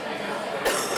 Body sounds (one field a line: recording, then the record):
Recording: coughing mixed with background sound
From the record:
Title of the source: 34 coughing up crap again